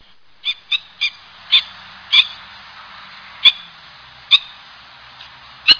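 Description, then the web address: Bird giving short, sharp high chips, a quick run of several at first, then more widely spaced. Higashiosaka, Japan. "higashiosaka bird koe"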